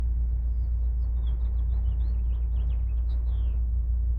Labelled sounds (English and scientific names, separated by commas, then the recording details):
House Finch (Haemorhous mexicanus) song
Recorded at Wantgh on Long Island, New York, on 21 May 1975
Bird A